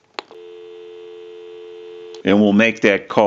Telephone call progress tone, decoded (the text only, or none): dial tone